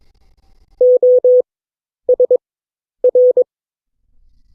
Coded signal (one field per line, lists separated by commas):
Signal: Morse code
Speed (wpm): 20 wpm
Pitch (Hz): 500 Hz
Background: none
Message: OSR